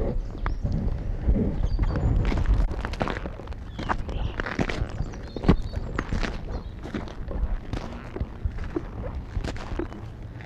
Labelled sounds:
Song Thrush song

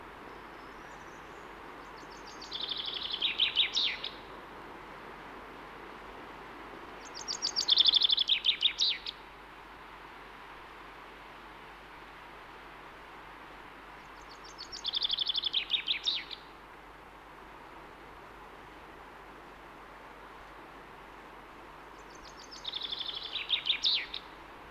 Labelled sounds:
Common Chaffinch

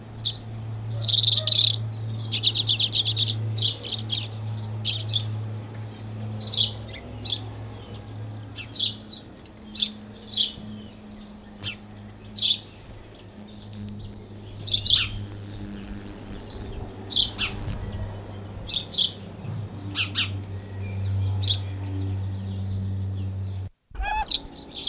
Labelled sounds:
Common Redpoll song

